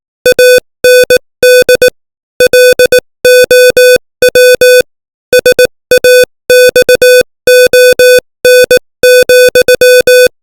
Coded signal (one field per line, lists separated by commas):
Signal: Morse code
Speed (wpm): 18 wpm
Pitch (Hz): 500 Hz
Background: music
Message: AND LOW SAXON,